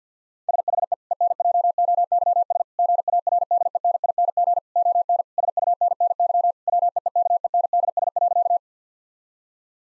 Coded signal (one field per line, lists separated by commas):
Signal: Morse code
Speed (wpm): 50 wpm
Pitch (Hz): 700 Hz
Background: none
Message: SHE ENJOYS GARDENING ON SUNNY WEEKENDS.